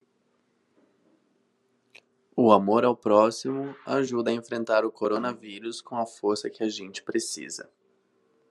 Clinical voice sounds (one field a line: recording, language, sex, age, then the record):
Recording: spoken sentence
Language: Brazilian Portuguese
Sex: male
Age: 20 to 29 years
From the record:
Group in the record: control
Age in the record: 28 years